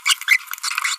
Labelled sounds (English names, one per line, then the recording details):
Green-rumped Parrotlet babbling
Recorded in a nest box in Venezuela
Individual 18B25A3